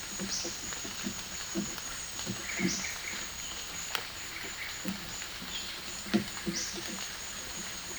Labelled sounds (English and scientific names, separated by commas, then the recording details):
Olive-faced Flatbill (Tolmomyias viridiceps), Russet-backed Oropendola (Psarocolius angustifrons)
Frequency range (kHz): Olive-faced Flatbill (Tolmomyias viridiceps) 3.9-6.6 kHz; Russet-backed Oropendola (Psarocolius angustifrons) 1.2-2.9 kHz
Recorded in dense forest near Puerto Asís, Putumayo, Colombia, on 18 February 2024 at 14:00
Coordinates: 0.502, -76.324
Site G6370